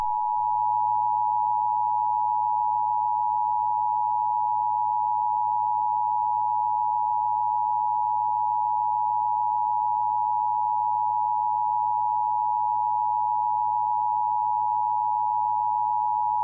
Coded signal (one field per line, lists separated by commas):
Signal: Emergency Alert System (SAME) tones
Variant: 853 and 960 Hz attention tone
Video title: Emergency Alert System Test (Smooth Slow Motion)